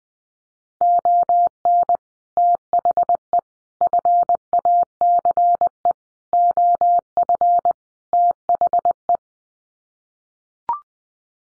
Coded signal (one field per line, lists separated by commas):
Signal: Morse code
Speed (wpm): 20 wpm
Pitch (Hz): 700 Hz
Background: none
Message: ON THE FACE OF THE